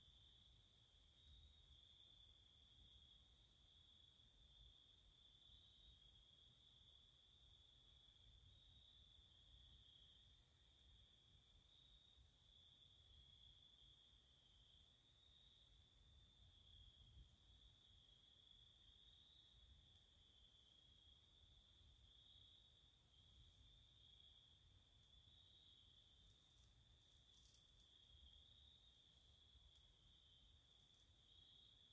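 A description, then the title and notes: Insects chirr in one unbroken high trill across the whole night scene, steady and dense from start to finish. Beneath it sits a soft low rumble of background noise, with a brief faint click near the end. Late Night at Scoutsgiving Campout. Recorded after lights out before temperatures dropped and the insects went quiet.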